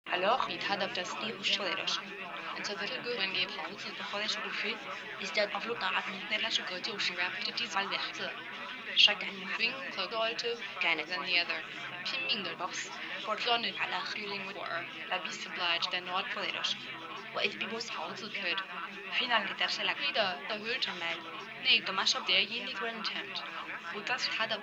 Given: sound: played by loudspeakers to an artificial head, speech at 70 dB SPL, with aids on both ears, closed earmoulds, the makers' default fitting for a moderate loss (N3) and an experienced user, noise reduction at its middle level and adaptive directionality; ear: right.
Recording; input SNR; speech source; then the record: speech test signal (ISTS) in cocktail-party noise; -3 dB; on the right (90 degrees)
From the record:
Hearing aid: class 1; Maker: F